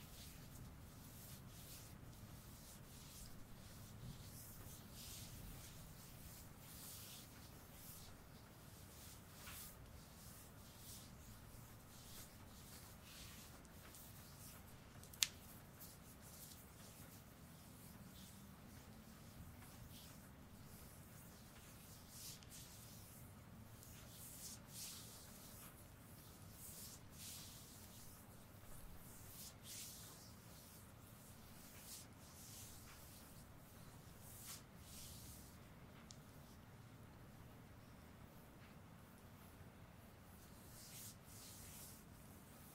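An intense shoulder massage: steady, dense rubbing and kneading with a low, muffled rumble underneath for the whole 43 seconds. Brighter swishes and soft skin-on-fabric brushes come often and irregularly, and one sharp click stands out around 15 seconds.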